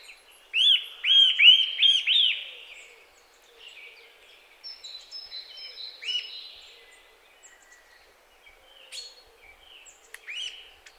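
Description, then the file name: Eurasian nuthatch giving a quick run of four arched calls, then softer scattered chirps with two more single calls, the last near the end. "Sitta europaea"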